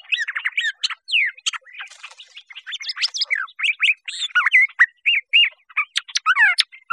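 Curve-billed thrasher singing a rapid, varied string of whistled and slurred notes, rising and falling sweeps with a few harsh squawks mixed in.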